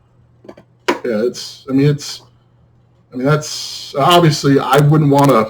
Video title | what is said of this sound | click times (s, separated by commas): Another unboxing video! | twist it a bit there we go there we go now you see that snaps you hear that yeah | 0.9 s